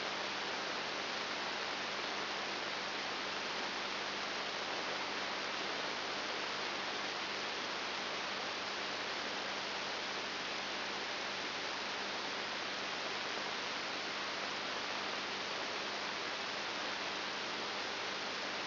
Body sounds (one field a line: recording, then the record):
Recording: brain microelectrode recording played as sound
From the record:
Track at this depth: inside the subthalamic nucleus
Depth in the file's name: 5.701 mm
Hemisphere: left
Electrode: 3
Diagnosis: Parkinson's disease